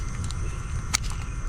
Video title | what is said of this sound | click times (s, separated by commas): How To Replace the Camshaft Position Sensors with Zero Experience I Toyota Corolla 2008-18 I DIY | You'll hear the popping sound. | 1.0 s